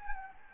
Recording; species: mosquito wingbeat signal from an infrared sensor; Anopheles gambiae